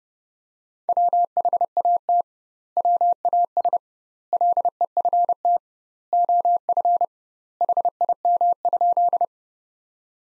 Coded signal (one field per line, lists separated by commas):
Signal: Morse code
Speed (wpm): 30 wpm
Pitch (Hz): 700 Hz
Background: none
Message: WHAT WAS LEFT OF HIM?